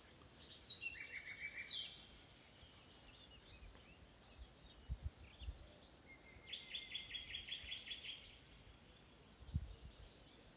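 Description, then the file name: Common nightingale song: high, varied phrases with rapid repeated notes in dense bursts near the start and again later, between quiet gaps, over low thuds. "Luscinia megarhynchos"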